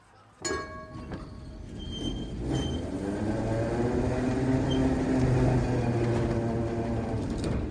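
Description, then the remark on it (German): An underground train in Berlin, line D, runs from Alex toward Stettiner Bahnhof. It rumbles along in a steady low roar of wheels and motor that swells after a sharp start, with faint metallic squeals and tonal whines riding above the continuous drone. “Ludwigs Abschiebung vom Polizeipräsidium am Alex mit der Untergrund nach dem Stettiner Bahnhof.”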